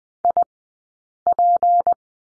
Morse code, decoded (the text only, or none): IP